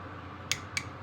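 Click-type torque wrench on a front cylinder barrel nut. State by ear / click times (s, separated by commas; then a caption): torque reached / 0.5 s. A click-type torque wrench tightens a front cylinder barrel nut on a 1971 Norton to 15 lb-ft, giving a sharp, bright click at 0.5 s over a low steady hum. A second, slightly quieter click follows at 0.8 s. The wrench reached its set torque of 15 lb-ft.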